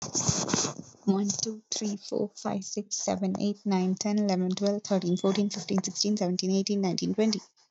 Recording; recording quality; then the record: counting at a fast pace; moderate, slight background noise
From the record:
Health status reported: exposed to COVID-19, no respiratory illness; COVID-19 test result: negative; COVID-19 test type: RT-PCR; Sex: female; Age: 23 years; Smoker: no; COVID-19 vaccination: both doses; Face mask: not worn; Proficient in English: yes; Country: India